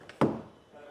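Pressing down on a folded Leer hard tonneau cover on a 2023 Ford F-150 makes its clamp latch snap around the pickup bed side rail. After a faint tick near 0.1 s, one sharp knock at 0.2 s rings out briefly and fades. The latch grabs the rail and seats.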